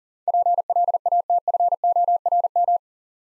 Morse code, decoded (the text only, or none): PLATFORM